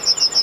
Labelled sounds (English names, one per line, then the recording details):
Yellowhammer song
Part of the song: start
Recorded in the Czech Republic on 15 May 2015
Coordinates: 49.503, 14.603
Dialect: BhBl
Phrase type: F28
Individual 15KT